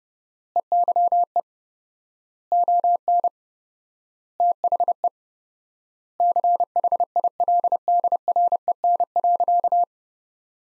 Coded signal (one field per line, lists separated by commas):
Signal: Morse code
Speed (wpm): 30 wpm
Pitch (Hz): 700 Hz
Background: none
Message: EYE ON THE CHILDREN.